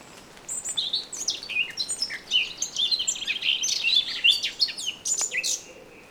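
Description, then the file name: Eurasian blackcap song, a rapid varied warble of high twittering and scratchy notes with brief clear whistles, running almost continuously throughout. "Sylvia atricapilla"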